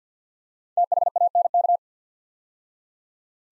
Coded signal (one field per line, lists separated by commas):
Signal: Morse code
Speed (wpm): 50 wpm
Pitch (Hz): 700 Hz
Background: none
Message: THANK